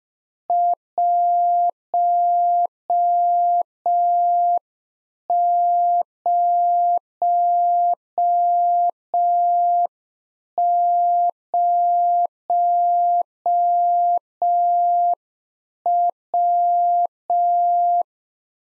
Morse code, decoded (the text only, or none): 100W